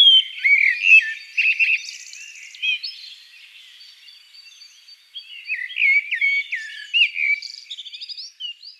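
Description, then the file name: Common blackbird delivering varied warbled phrases with chuckles and thin high squeaks, a quieter stretch midway, then renewed fluty phrases and twitters. "Turdus merula"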